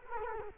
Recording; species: mosquito wingbeat signal from an infrared sensor; Culex quinquefasciatus